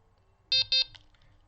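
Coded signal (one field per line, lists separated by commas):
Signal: beep code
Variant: Delkim Rx-D bite alarm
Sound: two short buzzy electronic beeps in quick succession, then a faint click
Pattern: 2 short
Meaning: Receiver is ready for the power-on indicator setting to be toggled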